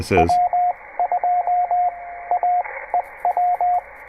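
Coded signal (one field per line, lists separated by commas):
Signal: Morse code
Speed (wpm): 19 wpm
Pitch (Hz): 700 Hz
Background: speech, radio noise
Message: W2AEW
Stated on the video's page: POTA park activation on a Penntek TR-45L with internal battery, CW Morse double paddle, and end-fed half wave antenna.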